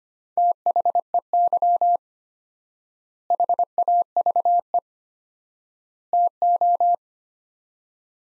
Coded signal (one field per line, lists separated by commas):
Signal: Morse code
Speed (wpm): 25 wpm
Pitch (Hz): 700 Hz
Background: none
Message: THEY HAVE TO